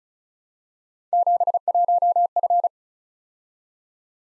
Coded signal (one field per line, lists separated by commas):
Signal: Morse code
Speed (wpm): 38 wpm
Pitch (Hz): 700 Hz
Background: none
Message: 71F